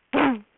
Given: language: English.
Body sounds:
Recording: throat vibration sensor signal played as sound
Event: throat clearing

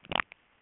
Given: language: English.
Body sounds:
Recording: throat vibration sensor signal played as sound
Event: swallow

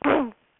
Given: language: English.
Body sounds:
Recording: throat vibration sensor signal played as sound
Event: throat clearing

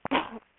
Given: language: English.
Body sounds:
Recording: throat vibration sensor signal played as sound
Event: cough

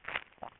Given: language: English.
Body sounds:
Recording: throat vibration sensor signal played as sound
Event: swallow

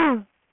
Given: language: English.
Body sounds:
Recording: throat vibration sensor signal played as sound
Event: throat clearing

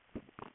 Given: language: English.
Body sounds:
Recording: throat vibration sensor signal played as sound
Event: swallow

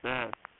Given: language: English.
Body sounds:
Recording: throat vibration sensor signal played as sound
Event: speech

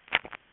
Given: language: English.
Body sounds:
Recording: throat vibration sensor signal played as sound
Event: swallow

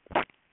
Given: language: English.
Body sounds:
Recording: throat vibration sensor signal played as sound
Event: swallow

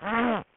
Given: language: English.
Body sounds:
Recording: throat vibration sensor signal played as sound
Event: throat clearing

